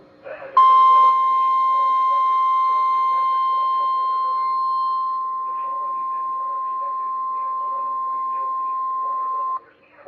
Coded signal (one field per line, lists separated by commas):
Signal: Emergency Alert System (SAME) tones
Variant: 1050 Hz attention tone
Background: speech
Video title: [EAS] Flash Flood Watch for Itasca County MN Relayed From on NOAA Weather Radio Station KZZ29